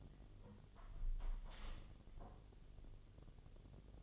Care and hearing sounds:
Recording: daily activity, microphone in the room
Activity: close window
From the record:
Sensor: 4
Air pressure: 1015.8 hPa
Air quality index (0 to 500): 106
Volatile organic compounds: 2 ppm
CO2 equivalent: 1178 ppm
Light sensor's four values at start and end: 9/20/8/7 and 9/20/8/7

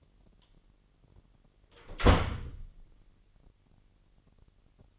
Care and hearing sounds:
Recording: daily activity, microphone in the room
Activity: close door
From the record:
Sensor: 4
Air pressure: 999.1 hPa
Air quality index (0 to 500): 119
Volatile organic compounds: 2 ppm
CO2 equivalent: 1171 ppm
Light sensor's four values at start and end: 12/32/12/14 and 12/29/11/12

